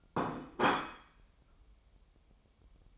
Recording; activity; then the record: daily activity, microphone in the room; place plate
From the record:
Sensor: 1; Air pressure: 988.6 hPa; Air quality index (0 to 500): 197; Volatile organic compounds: 947 ppm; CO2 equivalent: 5241 ppm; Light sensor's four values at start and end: 25/93/35/37 and 25/93/35/37